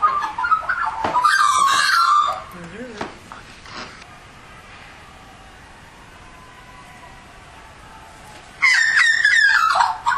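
Australian magpie giving two bursts of rich, warbling, gurgling notes, separated by a long quiet gap holding only faint low sounds.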